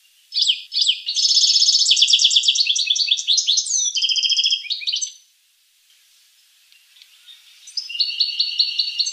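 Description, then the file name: Finch song: a long, lively stream of high twittering and trilled notes, a pause, then a quieter, even trill that builds again. "sing finch"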